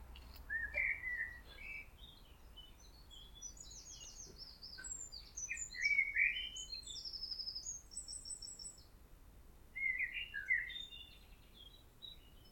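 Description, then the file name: Common blackbird singing: lower whistled phrases mixed with thin, high twittering, over faint background noise. "Turdus merula"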